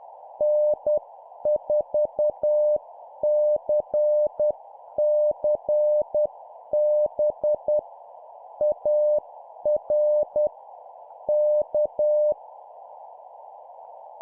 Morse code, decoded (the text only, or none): N4CCB AR K